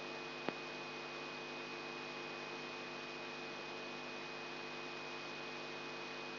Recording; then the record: brain microelectrode recording played as sound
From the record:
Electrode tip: outside the subthalamic nucleus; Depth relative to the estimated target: -6 mm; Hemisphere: right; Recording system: AlphaMap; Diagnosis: Parkinson's disease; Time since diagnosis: 24 years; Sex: female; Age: 57 years